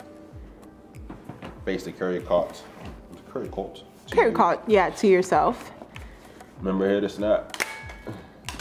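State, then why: Seated. A carry cot attachment is snapped onto a stroller frame and seats with one sharp click at 8.5 s. Before it, someone talks over soft background music, with a few faint taps along the way.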